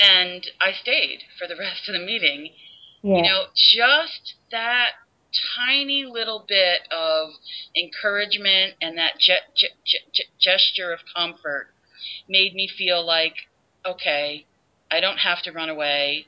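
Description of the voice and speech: Adult woman who stutters, formerly a covert stutterer and open about it for four years, speaking with stretched sounds, a repeated 't' before 'tiny', and blocked, repeated starts on 'gesture': stuttering.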